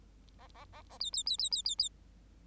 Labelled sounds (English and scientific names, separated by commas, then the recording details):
Bengalese Finch (Lonchura striata domestica) song
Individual Bird8